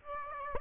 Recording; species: mosquito wingbeat signal from an infrared sensor; Aedes aegypti